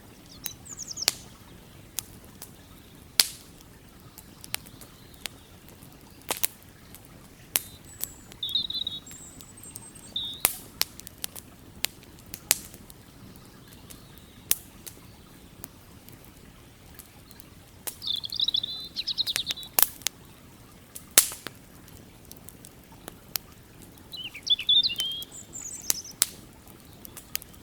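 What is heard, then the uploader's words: A campfire crackles with sharp, irregular pops and snaps every second or so, some loud. Birds chirp in brief high bursts near the start, around the middle and again near the end, over a soft, steady low wash of moving water. Campfire by the River - Relaxing Fireplace & Nature Sounds - Robin Birdsong.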